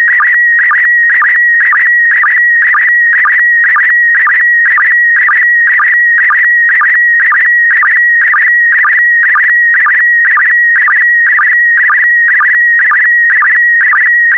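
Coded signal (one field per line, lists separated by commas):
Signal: SSTV (slow-scan television)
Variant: PD120 mode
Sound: steady high whistle interrupted twice a second by warbling chirps with low blips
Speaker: get ready starting transmission in 5 4 3 2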